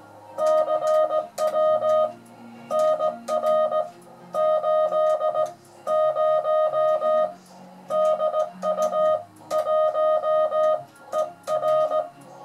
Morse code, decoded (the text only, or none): CW NR 80 DU 1ER